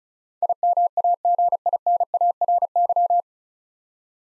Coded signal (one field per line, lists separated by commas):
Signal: Morse code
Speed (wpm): 34 wpm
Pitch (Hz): 700 Hz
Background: none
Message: IMAGINARY